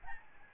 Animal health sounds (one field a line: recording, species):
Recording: mosquito wingbeat signal from an infrared sensor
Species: Aedes albopictus